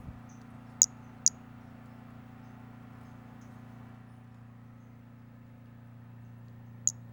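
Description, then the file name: Pumpkin toadlet emitting a pair of sharp, very high click-like notes early on and a single one at the end, above a continuous low hum. Individual 08, one animal, collected as museum specimen MHNCI 10297. "Brachycephalus albolineatus individual 08 example 04 collected MHNCI 10297"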